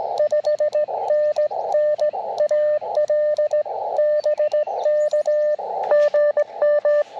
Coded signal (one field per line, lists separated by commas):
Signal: Morse code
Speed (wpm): 19 wpm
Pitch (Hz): 600 Hz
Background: radio noise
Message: 5NN AL BK GM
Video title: Cootie Key CW POTA - QRP Activation 4/26/23